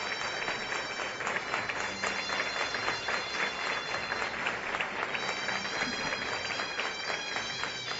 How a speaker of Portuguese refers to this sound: Essas palmas provam que vocês estão de acordo comigo.